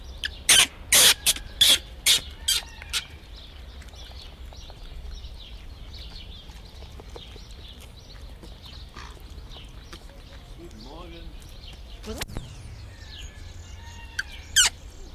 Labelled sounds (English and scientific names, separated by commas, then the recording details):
Barbary Macaque (Macaca sylvanus) call
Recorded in captivity
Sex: male
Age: juvenile
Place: Tierpark Berlin, Berlin, DE
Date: 1978-04-10 10:30
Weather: sunny, 14°C
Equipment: Uher 4200 Report Stereo, Sennheiser MD 421 HL, Verstärker
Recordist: Tembrock, Günter